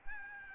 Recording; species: mosquito wingbeat signal from an infrared sensor; Aedes albopictus